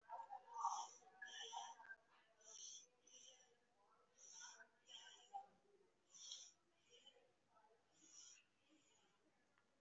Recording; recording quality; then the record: deep breathing; excellent, no background noise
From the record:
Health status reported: respiratory illness, not identified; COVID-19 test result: negative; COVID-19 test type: RT-PCR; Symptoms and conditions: breathing difficulty, muscle pain, another respiratory illness, another condition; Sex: female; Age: 37 years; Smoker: no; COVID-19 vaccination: one dose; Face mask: worn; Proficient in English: no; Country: India